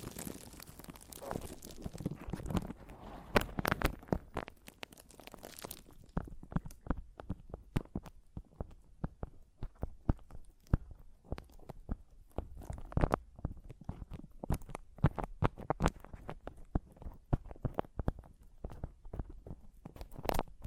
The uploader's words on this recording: ASMR Mic Tapping and Scratching (No Talking).